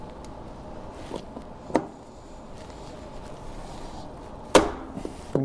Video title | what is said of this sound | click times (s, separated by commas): How To Install Toyota Tundra (2022+) Roof Rack - upTOP Overland | when you hear it pop like that it snapped the head the way that it needs to be to bind | 4.6 s